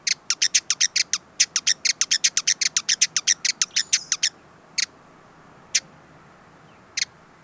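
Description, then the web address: Hooded visorbearer giving sharp, dry chip notes in a fast run of many over about four seconds, then three single chips spaced about a second apart. "sound Hooded-visorbearer. صدای-پرنده-آفتابگیر-کلاهدار"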